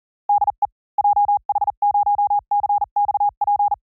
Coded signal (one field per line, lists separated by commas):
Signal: Morse code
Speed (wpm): 40 wpm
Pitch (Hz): 810 Hz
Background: none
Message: DE JH0CXP